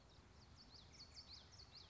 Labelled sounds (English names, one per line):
Common Yellowthroat